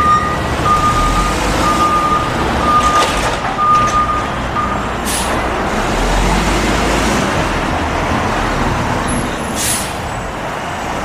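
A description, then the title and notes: Garbage trucks rumble with a dense, steady engine roar that holds nearly level throughout. A thin, high reversing beep repeats in short pulses during the first five seconds. Brief hissing bursts, like air brakes, break through around five and nine seconds. Garbage Trucks.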